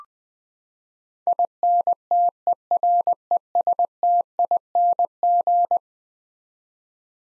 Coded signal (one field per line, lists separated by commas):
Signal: Morse code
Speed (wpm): 20 wpm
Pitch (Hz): 700 Hz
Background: none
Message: INTERESTING